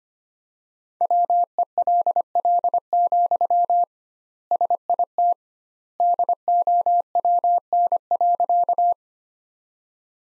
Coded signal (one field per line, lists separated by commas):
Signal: Morse code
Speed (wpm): 25 wpm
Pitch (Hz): 700 Hz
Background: none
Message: WELL, SIT DOWN.